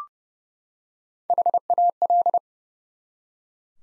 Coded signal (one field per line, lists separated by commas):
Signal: Morse code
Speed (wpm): 30 wpm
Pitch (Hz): 700 Hz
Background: none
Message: HAL